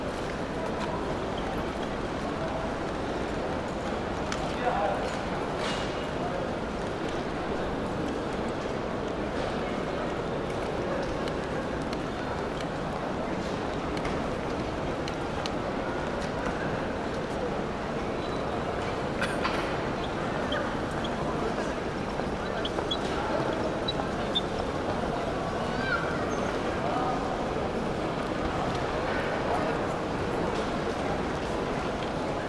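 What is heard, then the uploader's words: Airport terminal ambience: a dense, steady wash of crowd murmur and overlapping voices with no single speaker standing out. Level stays even throughout, with small clicks and brief brighter sounds, likely footsteps or luggage, popping up every few seconds. Airport Terminal Ambience Noise.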